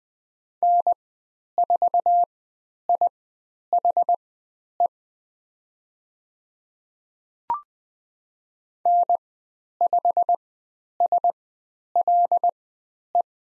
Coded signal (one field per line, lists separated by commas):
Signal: Morse code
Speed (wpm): 20 wpm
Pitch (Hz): 700 Hz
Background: none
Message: N4IHE N5SLE